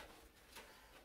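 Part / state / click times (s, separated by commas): metal I/O shield into PC case rear panel opening / not seated / none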